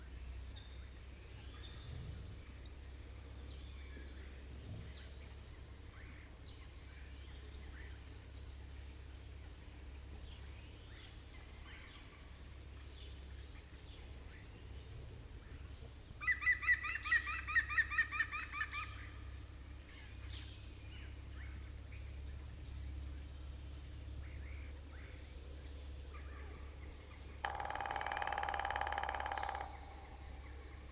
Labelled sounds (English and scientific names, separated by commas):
European Green Woodpecker (Picus viridis)